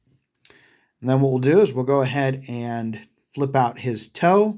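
A small plastic waist piece on a 2007 Transformers Movie Barricade or Bonecrusher toy robot is flipped down and clicks into place in the torso at about 0.5 s, locking the waist solid. Someone then talks.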